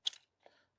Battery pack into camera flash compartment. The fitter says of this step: Kind of locks in but kind of doesn't.